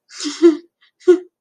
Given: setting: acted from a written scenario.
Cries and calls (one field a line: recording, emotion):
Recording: vocal sound without words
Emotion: embarrassment